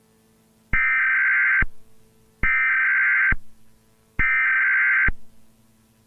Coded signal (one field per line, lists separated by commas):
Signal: Emergency Alert System (SAME) tones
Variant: header bursts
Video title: EAS Mock: November 9th, 10 YEARS AGO (WARNING! VALID TONES!!)